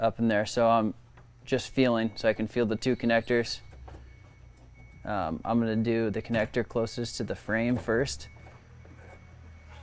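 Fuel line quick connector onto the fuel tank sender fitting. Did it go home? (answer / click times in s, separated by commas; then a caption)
no / none. Someone talks while reaching blind on top of a 56-gallon S&B replacement fuel tank for a 2011-16 Ford Powerstroke 6.7L crew cab short bed, feeling for the two fuel line quick connectors at the tank sender fitting. They start on the connector closest to the frame. Nothing has seated or clicked yet.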